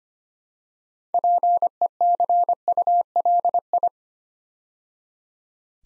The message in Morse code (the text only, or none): PECULI